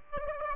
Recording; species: mosquito wingbeat signal from an infrared sensor; Aedes aegypti